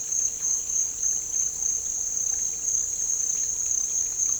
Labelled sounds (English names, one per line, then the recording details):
none
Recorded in dense forest near Puerto Asís, Putumayo, Colombia, on 9 March 2025 at 08:30
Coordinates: 0.467, -76.328
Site G041